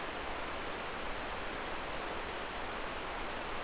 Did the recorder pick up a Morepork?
no